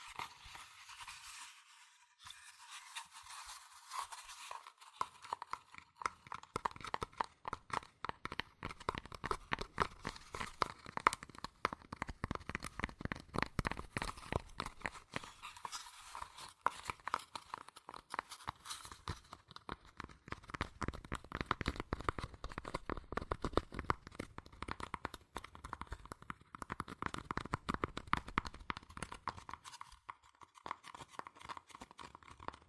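Fast tapping and scratching on cardboard and paper, a dense stream of crisp, dry clicks that runs without pause for the whole stretch. The first two seconds are lighter and thinner, then the taps fill out with a rougher, scraping edge and stay busy and brisk to the end.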